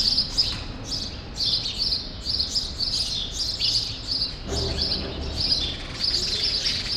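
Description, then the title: Sparrows giving rapid bright chirps, repeated short high notes clustered in bursts, with a brief low thump partway and steady background noise. Sparrows still present in the small remaining part of a large grove, Rue Saint-Jean Népomucène, Brussels, Belgium; recorded with Earsight V2 AB microphones into a Zoom F3. "Rue Saint-Jean Népomucène 13, 1000 Bruxelles, Belgique - Sparrows - Moineaux"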